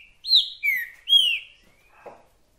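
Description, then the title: Green-winged saltator song: three loud slurred whistles, followed by a faint rough note. Repetitive singer delivering one song after another; recording meant to stir a listener's trinca-ferro into calling, singing and display. "TRINCA FERRO MERCENARIO"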